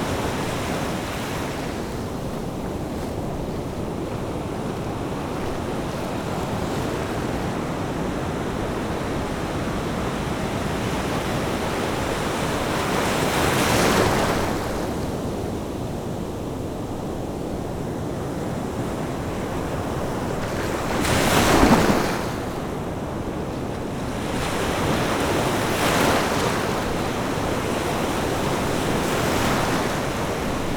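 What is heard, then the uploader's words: Small waves wash in over steady surf hiss, with brighter crashes near 14, 22 and 26 seconds and a low wind rumble underneath. Small Crashing Waves.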